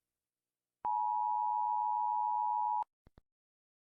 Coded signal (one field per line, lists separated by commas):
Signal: Emergency Alert System (SAME) tones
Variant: 853 and 960 Hz attention tone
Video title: Rating different EAS alarms 🌝👍 (i need content lol-) //Sh1tp0st// (old trend)